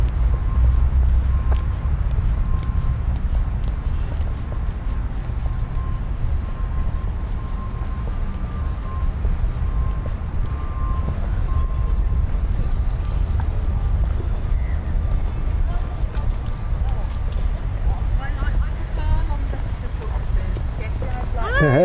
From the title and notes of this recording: A lunchtime walk through a business park in Leamington Spa, UK. This is my first time recording a binaural soundscape using the Sennheiser Ambeo Smart Headset .